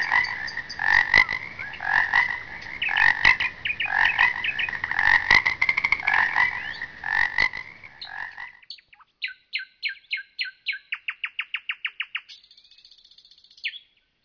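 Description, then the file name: Frogs croaking in a dense pulsing chorus for about eight seconds, then stopping; a bird follows with a quick series of repeated sharp notes and a short buzzy phrase. Frogs heard together with nightingales. "Zaby i slowiki"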